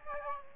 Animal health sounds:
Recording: mosquito wingbeat signal from an infrared sensor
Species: Aedes aegypti

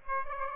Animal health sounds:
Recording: mosquito wingbeat signal from an infrared sensor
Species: Aedes aegypti

